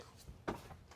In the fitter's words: It is locked into place. Sweet.